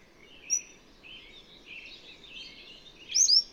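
Bird song: a brief high whistle early on, soft warbling and chattering notes, then a louder whistled double sweep near the end.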